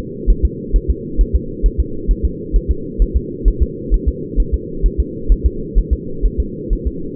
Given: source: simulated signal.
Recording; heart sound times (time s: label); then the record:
fetal heart sounds
0.30 s: S1
0.45 s: S2
0.76 s: S1
0.91 s: S2
1.21 s: S1
1.36 s: S2
1.66 s: S1
1.80 s: S2
2.11 s: S1
2.25 s: S2
2.56 s: S1
2.71 s: S2
3.02 s: S1
3.17 s: S2
3.48 s: S1
3.62 s: S2
3.94 s: S1
4.09 s: S2
4.40 s: S1
4.54 s: S2
4.86 s: S1
5.00 s: S2
5.32 s: S1
5.46 s: S2
5.78 s: S1
5.93 s: S2
6.26 s: S1
6.40 s: S2
6.73 s: S1
6.88 s: S2
From the record:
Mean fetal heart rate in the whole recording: 130 bpm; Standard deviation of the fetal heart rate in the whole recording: 2 bpm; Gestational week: 36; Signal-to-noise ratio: -4.3 dB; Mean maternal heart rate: 72 bpm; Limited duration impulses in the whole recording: absent